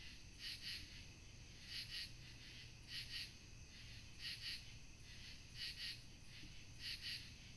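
Cricket chirping: paired bursts of high pulsed chirps recurring regularly, a little more than once a second, over a steady background hiss.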